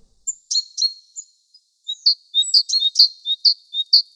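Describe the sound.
Sparrow chirping in quick, high, clipped notes: a few spaced chirps at first, then a faster run of chirps.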